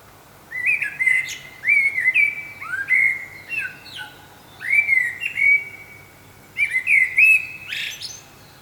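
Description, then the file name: Common blackbird singing several short mellow whistled phrases with brief pauses between. "Turdus merula"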